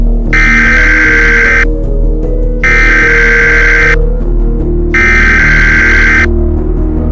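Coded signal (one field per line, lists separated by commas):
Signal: Emergency Alert System (SAME) tones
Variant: header bursts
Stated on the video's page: Simulated EAS scenario.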